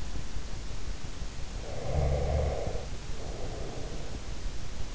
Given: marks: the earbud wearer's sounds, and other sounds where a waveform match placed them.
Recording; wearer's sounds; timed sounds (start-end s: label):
sounds in sleep by an in-ear microphone; breath
1.67-4.27 s: breath